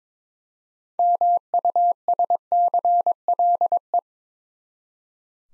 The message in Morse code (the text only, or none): MUSCLE